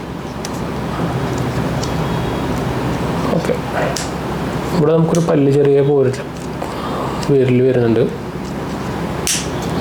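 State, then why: Seated. Someone talks while pushing the quick-release mount of a DJI Action 4 (2024) action camera, with its small finger-like clamp teeth, onto its mating adapter. A sharp click sounds at 9.3 s as the mount locks into place.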